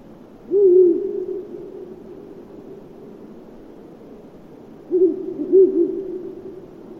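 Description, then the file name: Ural owl hooting: one deep hoot, a pause of about four seconds, then a broken run of a few low, hollow notes. "viirupollo hallikainen"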